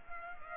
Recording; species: mosquito wingbeat signal from an infrared sensor; Culex pipiens